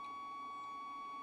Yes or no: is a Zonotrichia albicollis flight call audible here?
no